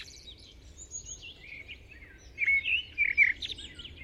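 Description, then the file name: Common blackbird, faint high twitters at first, then a louder rich warbled phrase near the end. "Turdus merula"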